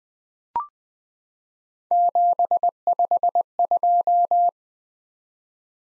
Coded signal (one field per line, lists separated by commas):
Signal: Morse code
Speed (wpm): 20 wpm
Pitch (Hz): 700 Hz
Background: none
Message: 752